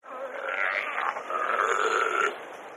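Seal or sea lion call: one sustained nasal, harmonic wail lasting about two seconds, slightly wavering in pitch before cutting off.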